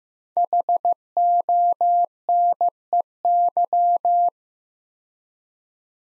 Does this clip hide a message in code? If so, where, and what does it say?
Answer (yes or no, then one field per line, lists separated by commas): yes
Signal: Morse code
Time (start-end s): 0.4-4.3 s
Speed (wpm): 15 wpm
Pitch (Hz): 700 Hz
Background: none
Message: HONEY